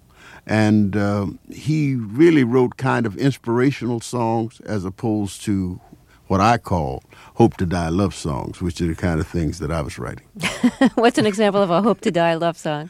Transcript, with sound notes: And he really wrote kind of inspirational songs as opposed to what I call hope-to-die love songs, which are the kind of things that I was writing.
(LAUGHTER)
What's an example of a hope-to-die love song?